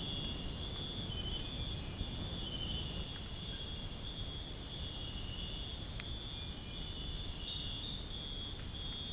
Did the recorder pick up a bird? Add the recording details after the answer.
no. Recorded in dense forest near Puerto Asís, Putumayo, Colombia, on 29 June 2025 at 04:00. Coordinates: 0.481, -76.323. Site G072